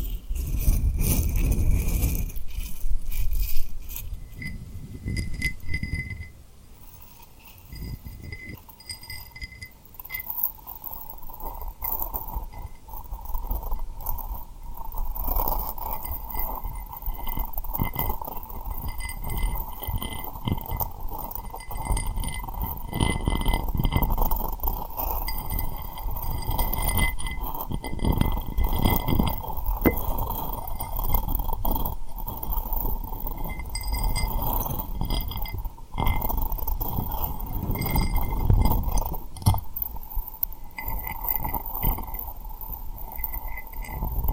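Rhinestones are tapped and rubbed in a steady, dense stream of small clicks and scratchy rustles, with soft low thumps and a faint constant tone underneath.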